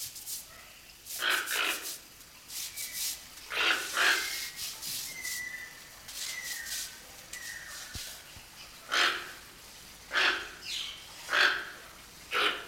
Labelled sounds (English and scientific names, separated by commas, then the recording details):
Toco Toucan (Ramphastos toco) call
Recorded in captivity
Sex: pair
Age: adult
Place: Zoo Berlin, Berlin, DE
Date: 1992-05-09 10:40
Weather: wechselnd wolkig, böiger Wind, 10-12°C
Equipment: Nagra SN, Mikrofon AKG CK 8, Kopie Tesla B 116
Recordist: Tembrock, Günter